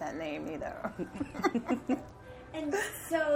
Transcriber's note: laughter